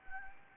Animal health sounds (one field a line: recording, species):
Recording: mosquito wingbeat signal from an infrared sensor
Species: Anopheles gambiae